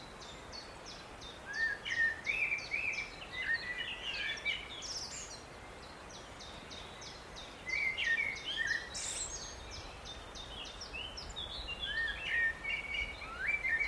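Redstart and other woodland birds sing in short bright phrases around 2, 8 and 12 seconds, over steady soft hiss with fast ticking trills.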